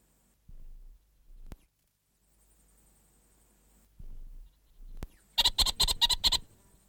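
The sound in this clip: Orange-fronted parakeet giving a fast, harsh chattering burst near the end, after a few low thumps and sharp clicks.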